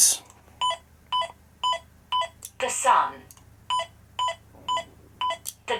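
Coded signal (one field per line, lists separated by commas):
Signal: none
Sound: lightsaber menu beeps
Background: speech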